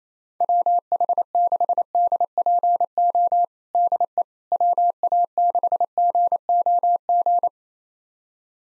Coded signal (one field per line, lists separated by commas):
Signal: Morse code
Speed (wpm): 27 wpm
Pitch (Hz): 700 Hz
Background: none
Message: WH6DPO DE WA6GOG